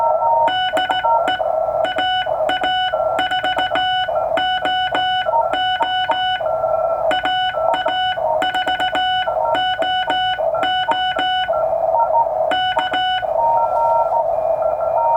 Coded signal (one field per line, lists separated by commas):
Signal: Morse code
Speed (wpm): 16 wpm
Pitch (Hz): 2950 Hz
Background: none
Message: DE AA4OO AA4OO K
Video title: Straight Key Night 2018 -- Morse Code QSO